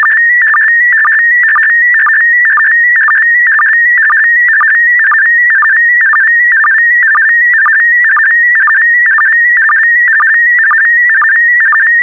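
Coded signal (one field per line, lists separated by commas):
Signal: SSTV (slow-scan television)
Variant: PD120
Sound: steady warbling high tone with rapid chirping dips about twice a second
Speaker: Get ready. Starting transmission in 5, 4, 3, 2, 1. Transmission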